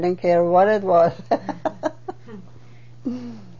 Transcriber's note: she laughs